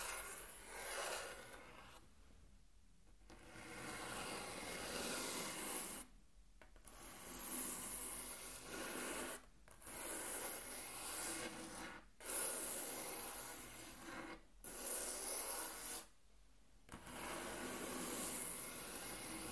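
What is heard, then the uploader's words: Table tracing: loud, dense scraping and rubbing strokes sweep across a surface, with a gritty, rasping texture that reaches high into the treble. The strokes come in bursts of a few seconds, broken by short gaps of near silence around 2, 6, 9, 12, 14 and 16 seconds. Intense Table Tracing (No Talking).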